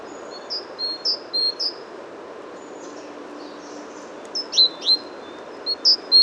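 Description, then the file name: Great tit uttering spaced high chirps, a pause with faint notes, then a few louder down-slurred notes, over continuous low background noise. "Parus major"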